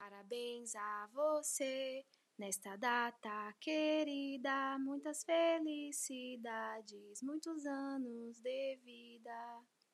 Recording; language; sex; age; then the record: short text; Brazilian Portuguese; female; 30 to 39 years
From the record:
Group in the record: control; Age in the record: 31 years